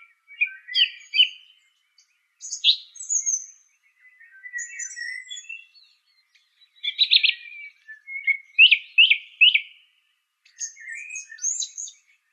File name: suara kicauan burung song thrush. omkicau